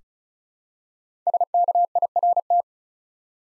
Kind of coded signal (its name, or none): Morse code